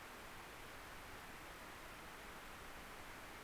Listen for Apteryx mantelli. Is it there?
no